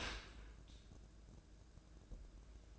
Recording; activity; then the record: daily activity, microphone in the room; open dishwasher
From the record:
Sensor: 2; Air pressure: 1012.2 hPa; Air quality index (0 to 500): 149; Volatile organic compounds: 2 ppm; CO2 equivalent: 1089 ppm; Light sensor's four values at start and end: 306/754/305/308 and 306/753/305/308